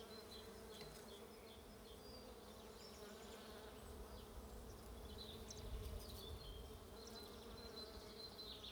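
Bees produce a persistent buzzing drone over low rumbling background noise, with faint bird chirps now and then.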